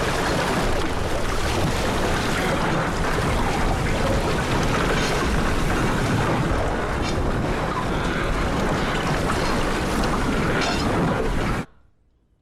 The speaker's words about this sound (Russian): Каюту Ван Рейка залило водой.